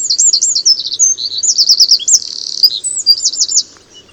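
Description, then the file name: Eurasian wren singing a fast, high, tumbling outpouring of looping notes and rattling trills that runs almost without a break before ending abruptly. "Troglodytes troglodytes"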